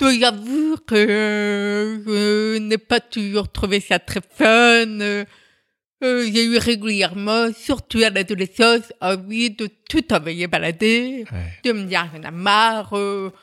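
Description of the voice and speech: Slow French speech from an adult deaf woman, with stretched vowels, narrow pitch and some blurred consonants, typical of speech in profound deafness. She learned to speak through speech therapy from birth, which took her about twenty years, and she must make an effort to be intelligible.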